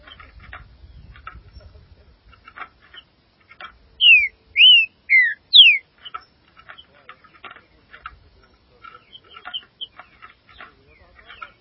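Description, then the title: Green-winged saltator song: four loud, clear whistled notes, rising and falling, given in quick succession midway, with scattered faint chirps and ticks around them. "Trinca Ferro"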